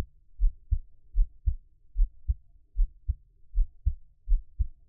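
A normal adult heartbeat, close-miked, with regular paired beats at about 77 per minute and all energy low, below 200 Hz.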